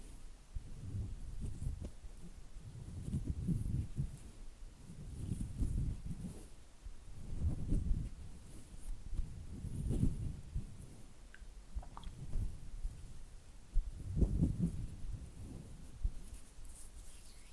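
Oily hand and flutter finger sounds: soft, low, muffled swishes and pats that swell and fade in repeated waves every second or two.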